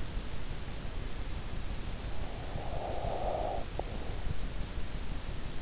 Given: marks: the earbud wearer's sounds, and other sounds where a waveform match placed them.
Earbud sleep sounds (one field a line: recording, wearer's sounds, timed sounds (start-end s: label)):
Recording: sounds in sleep by an in-ear microphone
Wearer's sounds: breath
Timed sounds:
1.83-4.54 s: breath